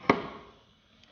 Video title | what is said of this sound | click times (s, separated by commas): Carton 3: Crash Lock Cuboid | locks into place | 0.1 s